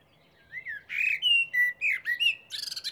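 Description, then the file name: Eurasian blackbird delivering a rich, mellow fluted phrase of sliding whistles, closing with a rapid, high-pitched scratchy twitter. "Turdus merula"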